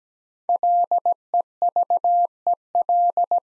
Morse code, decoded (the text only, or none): LEVEL